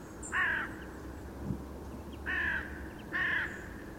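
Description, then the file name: Carrion crow uttering three hoarse caws against a quiet hum. "Corvus corone"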